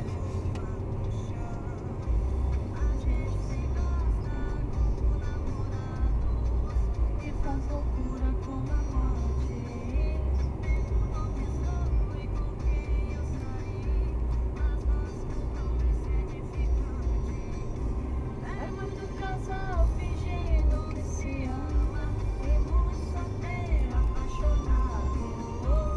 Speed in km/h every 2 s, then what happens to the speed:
116, 115, 116, 114, 113, 112, 109, 107, 107, 111, 108, 110, 109.
0-14 slows to 107. 14-26 steady at about 108.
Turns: none.